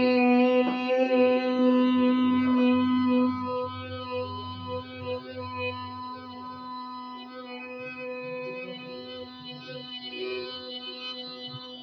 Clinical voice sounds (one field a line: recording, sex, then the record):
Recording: sustained vowel /i/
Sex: female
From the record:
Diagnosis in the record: Parkinson's disease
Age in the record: 63 years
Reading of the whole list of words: 61 s, 4.6 characters per second